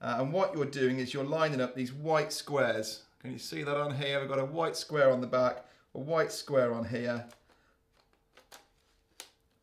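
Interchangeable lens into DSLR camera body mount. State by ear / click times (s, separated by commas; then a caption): seated / 9.2 s. An interchangeable lens goes into the mount of a Canon 750D / Rebel T6i DSLR body, lined up by the white square on the lens with the white square on the body, then pushed in and twisted. Someone talks for about seven seconds, followed by faint handling noises. A sharp click at 9.2 s marks the lens locking into place.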